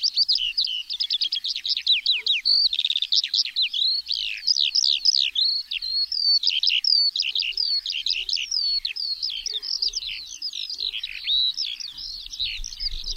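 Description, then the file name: Eurasian skylark pouring out a fast, ceaseless song of sharp high chirps and quick down-slurred notes, rhythmic bursts running on and on. "SKOWRONEK"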